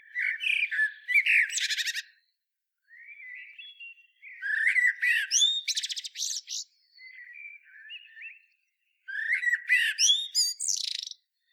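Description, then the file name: Eurasian blackbird: repeated fluty phrases, each closing in squeaky high flourishes, three loud bursts with softer low warbles between. "Turdus merula"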